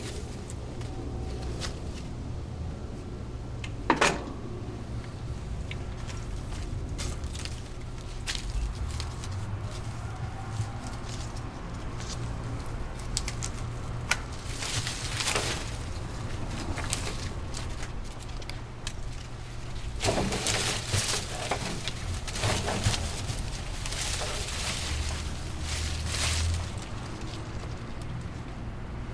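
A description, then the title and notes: Cutting down small apple trees: a steady low motor drone underneath, with sharp snaps and rustling crashes around 4, 15, 20 and 23 seconds. Cutting down two small apple trees in our backyard.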